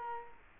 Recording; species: mosquito wingbeat signal from an infrared sensor; Culex quinquefasciatus